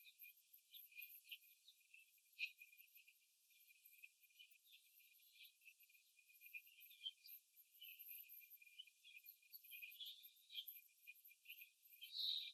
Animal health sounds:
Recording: young laying hens in a cage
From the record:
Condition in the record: after the stressor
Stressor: simulated dog barking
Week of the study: 3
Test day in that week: 2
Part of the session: 2

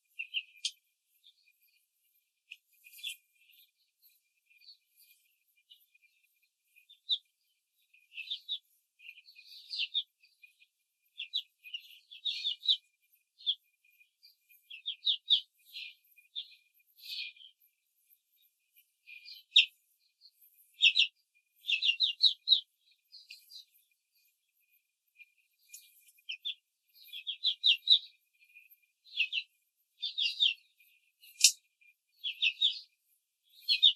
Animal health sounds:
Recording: young laying hens in a cage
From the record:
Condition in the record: control cage, after the stress test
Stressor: none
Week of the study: 4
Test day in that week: 1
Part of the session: 3

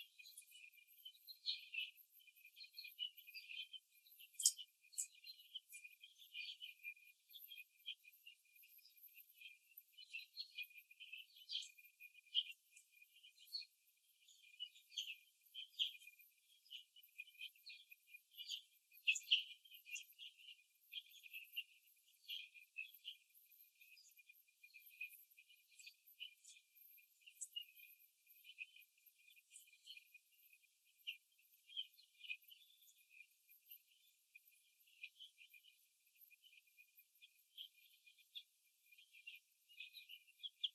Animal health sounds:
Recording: young laying hens in a cage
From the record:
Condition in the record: before the stressor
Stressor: simulated dog barking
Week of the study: 2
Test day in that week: 3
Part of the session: 2

